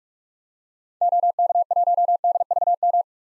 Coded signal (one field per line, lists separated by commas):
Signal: Morse code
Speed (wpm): 46 wpm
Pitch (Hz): 700 Hz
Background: none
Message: OK1DVM